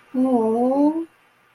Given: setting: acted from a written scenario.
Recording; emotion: vocal sound without words; romantic love